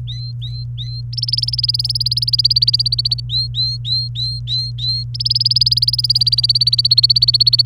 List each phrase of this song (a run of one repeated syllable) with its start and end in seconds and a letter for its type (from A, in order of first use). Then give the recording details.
0.07-1.01 A, 1.13-3.20 B, 3.29-5.04 A, 5.14-7.62 B. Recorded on 28 April 2018 at 07:34. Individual llb3